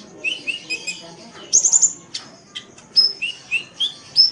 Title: Kicau Kacer